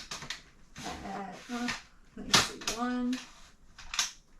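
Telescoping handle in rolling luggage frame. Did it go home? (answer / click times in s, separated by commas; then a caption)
no / none. Someone talks while handling the telescoping handle in a rolling luggage frame, with short sharp knocks around 0.1, 0.3 and 3.8–4.0 seconds and another at the very end. The extendable handle has not locked into either of its two height positions yet, so nothing has seated or clicked.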